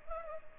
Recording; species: mosquito wingbeat signal from an infrared sensor; Culex pipiens